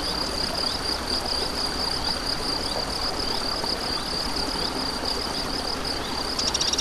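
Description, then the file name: Cricket trilling in fast, even high pulses throughout, over a continuous wash of flowing water, with a brief burst of clicks near the end. Crickets with a stream, recorded 7 May 2014 on an MZ-N710 recorder. "MZ-N 710 Ruisseau et grillons 7 05 14"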